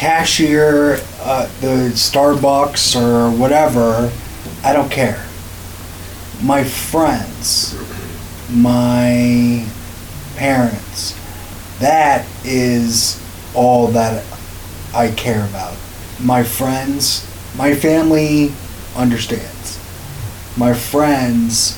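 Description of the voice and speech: An adult male stroke survivor with aphasia, about three years after his stroke, speaks in short, halting, agrammatic phrases with frequent pauses and repeated words, attending a stroke and brain injury rehabilitation community center.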